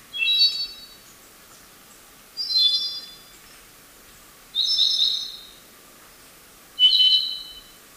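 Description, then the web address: Andean solitaire song: four short, high, liquid phrases of layered ringing notes, spaced roughly two seconds apart, with quiet pauses between. Ecuador. "Birds of Ecuador. Andean Solitaire"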